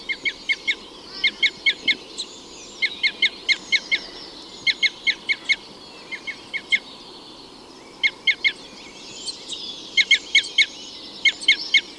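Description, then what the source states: Red crossbill excitement calls, quick clipped notes in short clusters, the bursts repeated over a soft background hiss. Type N call type; excitement calls.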